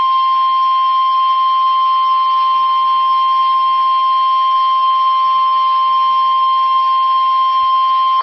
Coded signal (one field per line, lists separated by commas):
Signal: Emergency Alert System (SAME) tones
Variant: 1050 Hz attention tone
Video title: EAS Alert #123- Severe T-storm Warning 5/30/12